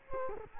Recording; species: mosquito wingbeat signal from an infrared sensor; Culex quinquefasciatus